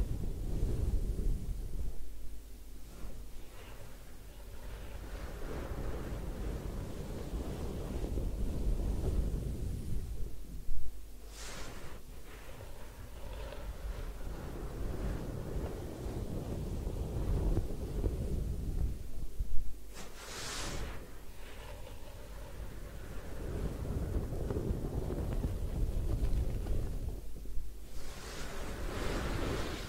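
A head spa hair wash, heard as a constant dense, low rushing like water running over the hair. Brighter hissing bursts break through around 11, 20 and 28 seconds, then the sound settles back into the steady murmur.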